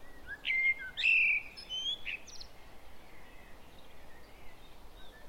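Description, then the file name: Common blackbird giving one brief phrase, a rich fluted whistle followed by thin scratchy twittering, then faint background hiss. "Turdus merula"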